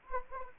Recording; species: mosquito wingbeat signal from an infrared sensor; Anopheles arabiensis